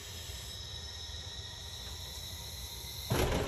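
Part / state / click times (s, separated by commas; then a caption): wheelchair lift platform locking into unfolded position on motorhome / not seated / none. A powered metal wheelchair lift on a Bay Star 3811 motorhome unfolds under remote control, giving a steady motor hum with high whining tones. At about 3.1 s a louder, harsher burst of noise begins and lasts to the end. The lift is still unfolding and has not yet locked or clicked into its unfolded position.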